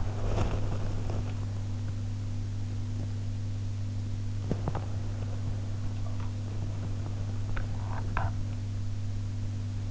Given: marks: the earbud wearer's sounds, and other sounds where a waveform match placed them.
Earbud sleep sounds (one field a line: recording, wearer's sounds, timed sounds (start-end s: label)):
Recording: sounds in sleep by an in-ear microphone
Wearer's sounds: body movement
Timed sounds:
0.00-1.42 s: body movement